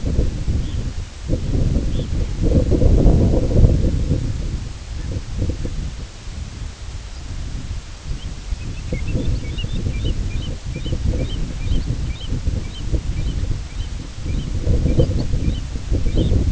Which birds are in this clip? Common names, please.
Red Phalarope, American Golden-plover